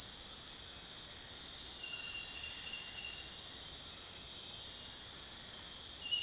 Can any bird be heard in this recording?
no